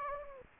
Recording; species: mosquito wingbeat signal from an infrared sensor; Anopheles gambiae